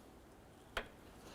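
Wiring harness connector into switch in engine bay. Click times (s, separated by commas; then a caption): 0.8 s. A wiring harness connector is plugged into a switch in the engine bay of a 2004–2006 Scion xB during a front engine mount reinstall. A single sharp click at 0.8 s is heard over quiet background noise. The connector is seated and clicks into place.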